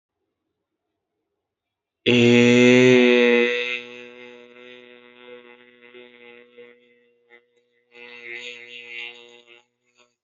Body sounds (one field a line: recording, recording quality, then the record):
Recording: sustained vowel as in made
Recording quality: excellent, no background noise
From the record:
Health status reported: exposed to COVID-19, no respiratory illness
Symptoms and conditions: cough, cold, sore throat, loss of smell and taste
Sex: male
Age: 19 years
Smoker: not ticked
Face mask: not worn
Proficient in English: yes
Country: India